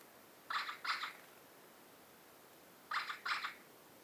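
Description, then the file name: Eurasian magpie giving two paired harsh, grating chacks, a double burst then another double a couple of seconds later. "Pica pica"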